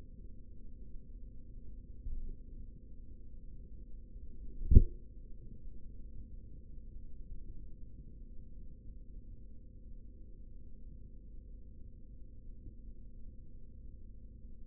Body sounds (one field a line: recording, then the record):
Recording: forearm muscle sounds (acoustic myography)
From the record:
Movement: rest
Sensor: system 3, bracelet of six PUI Audio POM-2738L microphones around the upper forearm, with dedicated amplification and filtering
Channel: 6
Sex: male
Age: 56 years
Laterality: right